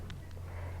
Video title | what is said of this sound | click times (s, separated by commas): BASI Systems: Reformer Head Shoulder Rests | it clicks into the next position | 0.1 s